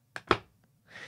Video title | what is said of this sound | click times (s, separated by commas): iUFlow Unboxing - Automated Home Bladder Monitoring Uroflow Solution | towards the lock symbol and you hear a pop | 0.2 s, 0.3 s